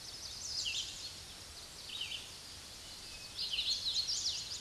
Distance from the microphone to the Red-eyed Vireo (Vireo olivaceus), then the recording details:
about 30 m. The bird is about 20 m above the microphone. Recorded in a Pennsylvania forest on 16 May 2024 at 06:32. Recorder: AudioMoth, point MSD-2208. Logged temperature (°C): 15.2 °C. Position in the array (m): 165 m, 72 m